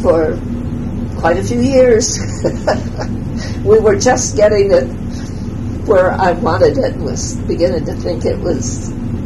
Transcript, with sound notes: for quite a few years. [laughs] We were just getting where I wanted it, I was beginning to think it was